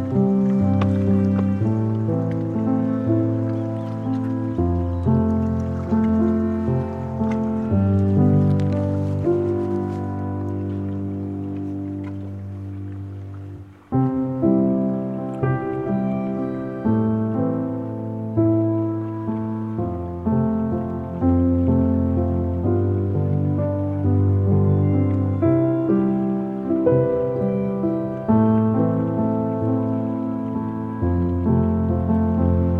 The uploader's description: This soundwalk was captured in Kapalua, Maui, Hawaii